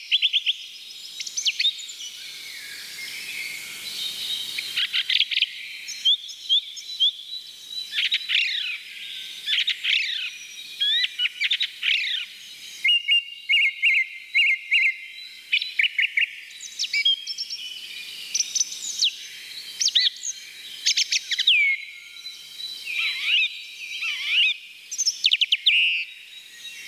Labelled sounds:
Song Thrush song
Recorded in the wild
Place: Oberrotweil am Kaiserstuhl, Baden-Württemberg, DE
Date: 1985-04-05
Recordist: Schwarz, Dieter
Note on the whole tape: Song

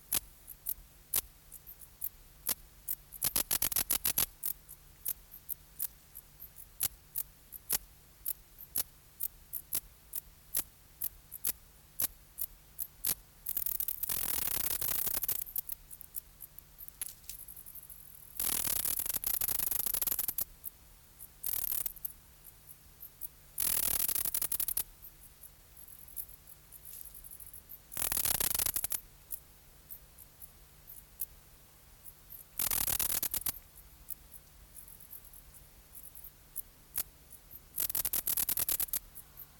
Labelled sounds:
Dark Bush-cricket stridulation
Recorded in the wild
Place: Treuchtlingen, Heumöderntal, Bayern, DE
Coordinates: 48.96, 10.91
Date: 1993-09-02
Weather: 18 °C
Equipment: Marantz CP 430, Sennheiser MKH 416 T, Kopie Uher Variocord 263
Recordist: Tembrock, Günter

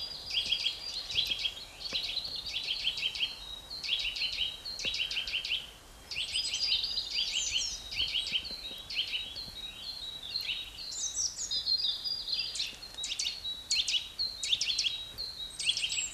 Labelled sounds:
Eurasian Nuthatch song
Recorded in the wild
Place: Locarno, Tessin, CH
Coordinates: 46.1872, 8.79278
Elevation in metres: 1036
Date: 1978-03-11 17:15
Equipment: Uher 4000 Report
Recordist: Tretzel, Erwin

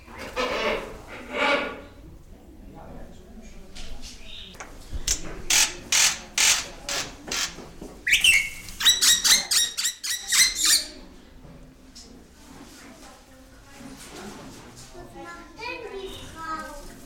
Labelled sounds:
Wreathed Hornbill call
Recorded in captivity
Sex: pair
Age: adult
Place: Zoo Berlin, Berlin, DE
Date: 1996-02-10 15:11
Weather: heiter bis wolkig, -11°C
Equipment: Sony MD-WM MZ-R3, Sennheiser ME 80, Kopie Uher 4000 Report Monitor
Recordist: Tembrock, Günter
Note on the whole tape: Paar mit Bruhthöhle (noch offen)

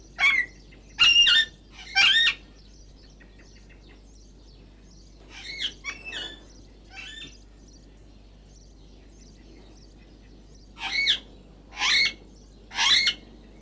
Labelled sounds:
Alexandrine Parakeet call
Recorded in captivity
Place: Loro Parque Tenerife, Provinz Santa Cruz de Tenerife, ES
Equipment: Halbspur, 9,5 cm/s
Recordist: Lütgens, Hans
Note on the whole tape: Rufe von zwei Tieren

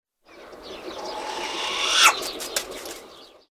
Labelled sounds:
Short-eared Owl
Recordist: Tembrock, Günter
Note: Ruf

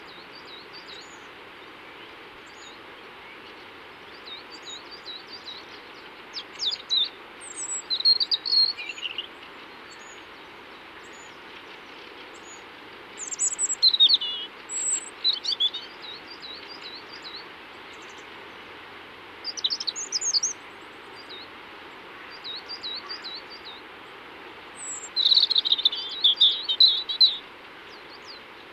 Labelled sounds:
European Robin song
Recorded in the wild
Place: Oberstdorf, Bayern, DE
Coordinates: 47.4017, 10.22
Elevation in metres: 1013
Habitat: mountains
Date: 1976-04-04
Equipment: Nagra IV, Sennheiser MKH 405, Parabolreflektor
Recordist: Tretzel, Erwin

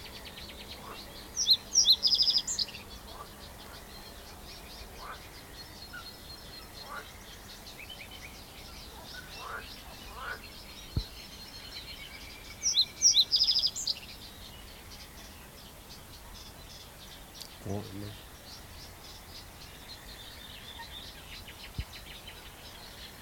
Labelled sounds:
Reed Bunting
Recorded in the wild
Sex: male
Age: adult
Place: Karower Teiche, Naturpark Barnim, Berlin, DE
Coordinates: 52.622, 13.46
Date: 1992-05-16 10:53
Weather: sonnig, ca. 20-22°C
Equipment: Nagra SN, Mikrofon AKG CK 8, Kopie Tesla B 116
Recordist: Tembrock, Günter

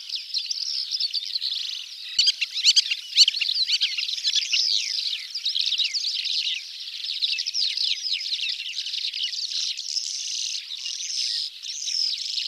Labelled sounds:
Calandra Lark song
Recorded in the wild
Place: Kalmückensteppe/Bogdo-Berg, RU
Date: 2006-05-27
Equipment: MiniDisc Sharp MT 20 H
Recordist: Schwarz, Dieter

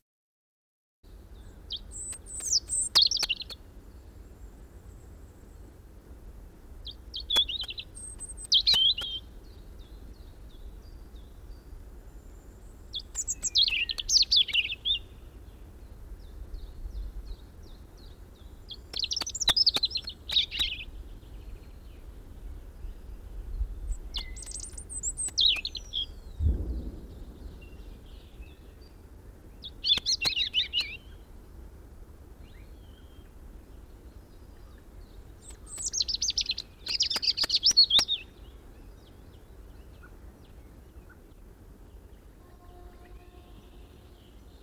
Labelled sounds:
European Robin song
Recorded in the wild
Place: Staphel, Insel Rügen, Mecklenburg-Vorpommern, DE
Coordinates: 54.441, 13.335
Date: 1972-04-29
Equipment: Nagra III BH, Sennheiser MD 21, parabola
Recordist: Schubert, Michael
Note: Gesang Rotkehlchen

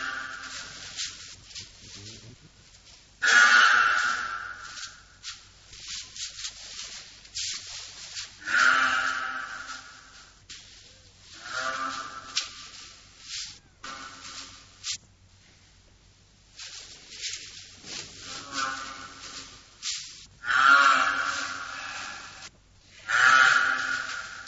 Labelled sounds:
Indian Rhinoceros call
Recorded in captivity
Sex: male
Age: adult
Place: Zoo Berlin, Berlin, DE
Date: 1985-11-29 13:56
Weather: fair, ca. 0°C
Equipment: Sony WM-D6C, 19 cm Kopie
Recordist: Tembrock, Günter

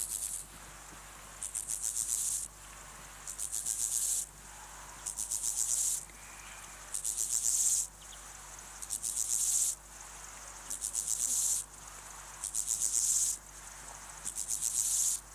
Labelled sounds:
Steppe Grasshopper
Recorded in the wild
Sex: male
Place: Lübars (Fließtal), Berlin, DE
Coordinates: 52.6167, 13.35
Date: 2004-09-04 13:15
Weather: sonnig, 25°C
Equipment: Sony WM-D6C, Sennheiser ME 80, Kopie Uher 4000 Report Monitor
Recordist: Tembrock, Günter
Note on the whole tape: Männchen allein, zweimal Ortswechsel. (Feuchtbiotop am Fließtal)

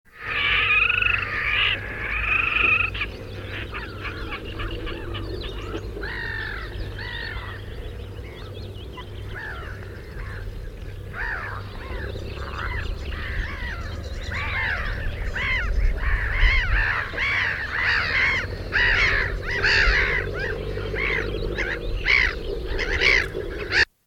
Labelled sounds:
Red-necked Grebe call
Black-headed Gull call
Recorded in the wild
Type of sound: call
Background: Chroicocephalus ridibundus
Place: Schwerin, Mecklenburg-Vorpommern, DE
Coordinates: 53.788, 11.379
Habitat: lake
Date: 1975-05-10 22:30
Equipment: Nagra III BH, Sennheiser MD 21
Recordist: Schubert, Michael
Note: Rothalstaucher, Lachmöwen

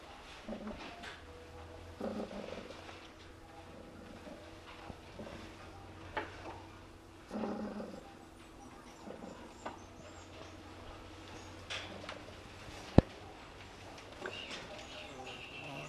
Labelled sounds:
Fennec Fox call
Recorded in captivity
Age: adult
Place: Tierpark Berlin, Berlin, DE
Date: 1966-03-05 14:30
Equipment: Uher 4200 Report Monitor, Sennheiser MD 421, Transistorverstärker 2
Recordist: Tembrock, Günter
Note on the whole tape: Knurren und Vorstoßen gegen Beobachter. Abstand 0,5 m

